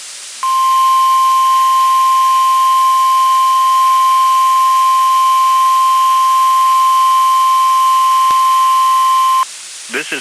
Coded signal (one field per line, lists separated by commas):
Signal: Emergency Alert System (SAME) tones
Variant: 1050 Hz attention tone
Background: speech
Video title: NWR Weekly Tests (11/23/22)(EAS 1292-1297)